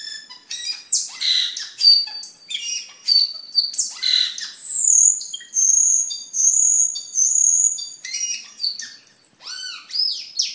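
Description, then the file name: Camperling singing a fast varied sequence of sharp chirps, rising sweeps and long high whistles, with scratchy notes mixed in throughout. "camperling omkicau"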